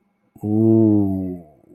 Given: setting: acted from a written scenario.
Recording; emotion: vocal sound without words; awe